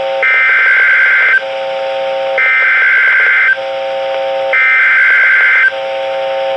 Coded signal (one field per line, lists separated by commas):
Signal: Emergency Alert System (SAME) tones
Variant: header bursts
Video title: Severe Thunderstorm Warning (EAS #1,777) - 5/15/18